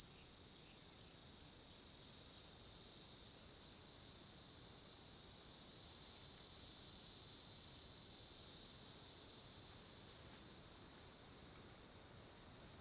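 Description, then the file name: Cicada chorus, a loud steady high buzzing hum that holds for about ten seconds, then drops off as soft wind noise takes over. Loud, shrill chorus of cicadas, after which wind begins to blow in the trees. "Coro de cigarras estridente, depois começa a ventar nas arvores"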